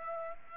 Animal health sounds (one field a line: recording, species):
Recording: mosquito wingbeat signal from an infrared sensor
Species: Aedes aegypti